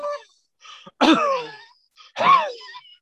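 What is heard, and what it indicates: An adult acts out choking on something stuck in the throat: three strained, groaning vocal bursts with falling pitch, separated by brief gaps, and no words. The person cannot speak and coughs. The object lodged in the windpipe gives an abnormal breathing noise, like air forced through a narrowed pipe.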